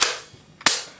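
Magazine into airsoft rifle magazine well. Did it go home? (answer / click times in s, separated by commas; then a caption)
yes / 0.7 s. A plastic AEG magazine is slapped on its bottom to push it fully into the magazine well of a brand-new G&G ARP9 airsoft rifle, because it is hard to engage and does not lock when simply pushed in. A sharp snap opens the clip, then a faint tap is followed by a loud, sharp slap. The magazine locks in at 0.7 s.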